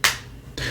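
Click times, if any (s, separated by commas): 0.0 s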